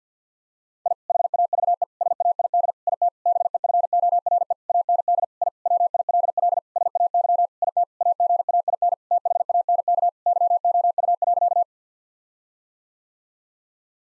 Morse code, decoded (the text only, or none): I HAVE SAID IT BEFORE AND I WILL SAY IT AGAIN THANK YOU.